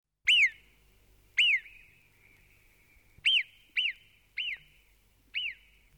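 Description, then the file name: Bird calls: six short whistled notes, each sliding up then down, spaced unevenly over six seconds, some followed by a faint steady whistled tone. "uccelli birds"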